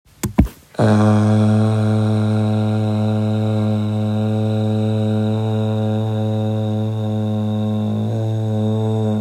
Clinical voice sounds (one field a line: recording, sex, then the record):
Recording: sustained vowel /a/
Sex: male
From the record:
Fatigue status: no fatigue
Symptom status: asymptomatic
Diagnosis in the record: COVID-19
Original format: m4a